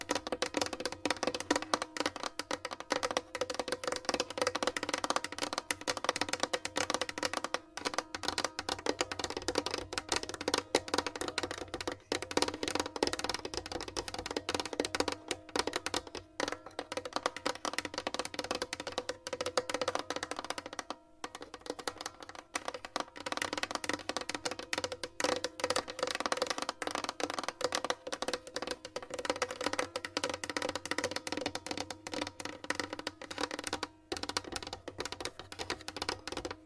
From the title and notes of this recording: Scratching , Tapping & Massage with DIFFERENT Mics , Items & Nails.